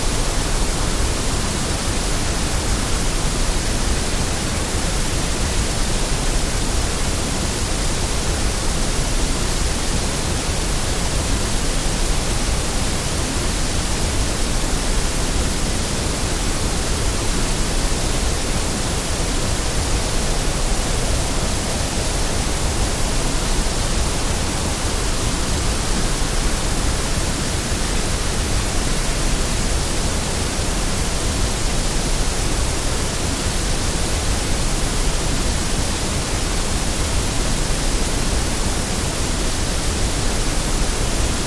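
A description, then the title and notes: Steady white noise fills all 41 seconds, a dense, even hiss with no breaks or changes in level. It sits close and full, slightly weighted toward the lower, softer side rather than sharply bright, with nothing else audible behind it. White Noise for Sleep & Study.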